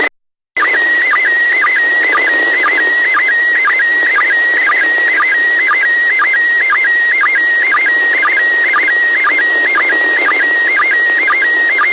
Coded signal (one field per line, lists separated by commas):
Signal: SSTV (slow-scan television)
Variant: PD 120